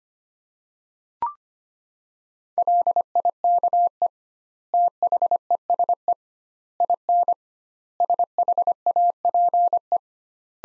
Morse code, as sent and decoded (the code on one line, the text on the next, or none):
.-.. .. -.- . / - .... . ... . / .. -. / ... .... .- .--. .
LIKE THESE IN SHAPE